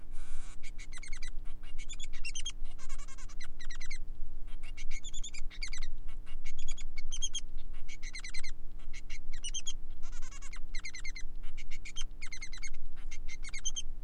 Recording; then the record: song of a male Bengalese finch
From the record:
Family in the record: son of father 3